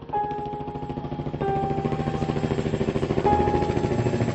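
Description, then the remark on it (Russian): A helicopter circles over a building and flies off into the dark sky, its rotor chopping in a fast, steady pulse beneath a droning engine whine, holding loud and even and swelling slightly toward the end, with no voices. “Вертолет сделал почетный круг над нашим зданием и скрылся в темном небе.”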